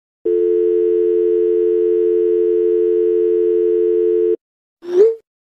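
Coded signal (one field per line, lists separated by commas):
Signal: telephone call progress tone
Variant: North America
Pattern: dial tone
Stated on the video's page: Dial tone, dialing and busy signal sound effects from a free-to-use sound effects pack, alongside answering machine and telephone ringing effects.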